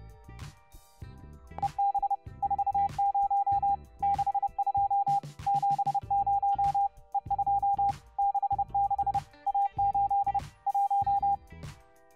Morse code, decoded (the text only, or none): EB 40 62 70 E2 66 A8 1